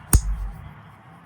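The blade of a vintage folding pocket knife snaps shut into its handle under backspring tension, giving one sharp, loud snap at 0.1 seconds. A short low rumble follows and fades into quiet background hiss. The blade is seated.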